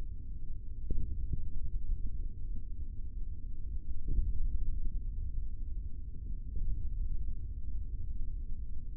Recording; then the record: forearm muscle sounds (acoustic myography)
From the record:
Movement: finger pinch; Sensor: system 3, bracelet of six PUI Audio POM-2738L microphones around the upper forearm, with dedicated amplification and filtering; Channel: 2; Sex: male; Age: 25 years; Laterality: right